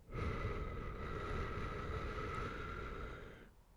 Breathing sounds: one breath near a microphone; exhalation

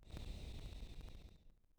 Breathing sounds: one breath near a microphone; exhalation

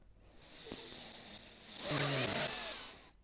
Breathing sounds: one breath near a microphone; inhalation

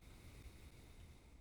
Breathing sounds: one breath near a microphone; exhalation

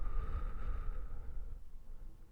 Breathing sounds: one breath near a microphone; exhalation

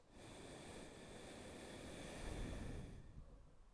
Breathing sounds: one breath near a microphone; exhalation

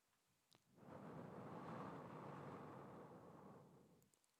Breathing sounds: one breath near a microphone; exhalation

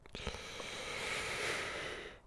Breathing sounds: one breath near a microphone; inhalation

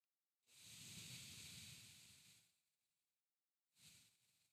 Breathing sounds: one breath near a microphone; exhalation

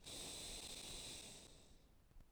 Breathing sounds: one breath near a microphone; exhalation

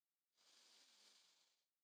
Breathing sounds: one breath near a microphone; inhalation

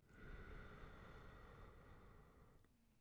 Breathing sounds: one breath near a microphone; exhalation

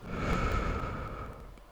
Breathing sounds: one breath near a microphone; exhalation

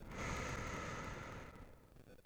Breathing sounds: one breath near a microphone; exhalation

